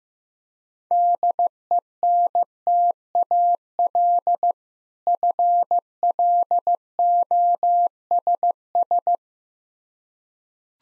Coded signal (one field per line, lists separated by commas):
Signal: Morse code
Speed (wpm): 15 wpm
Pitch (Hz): 700 Hz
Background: none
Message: DENTAL FLOSS